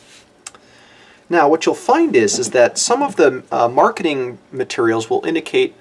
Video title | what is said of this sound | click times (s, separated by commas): Technique Demo: Pick-up LOCATOR® Denture Caps using Zest's CHAIRSIDE® Attachment Processing Material | and we're going to twist it until it locks into place | 0.5 s